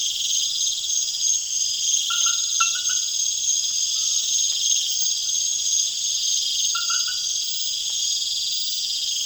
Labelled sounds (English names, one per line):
none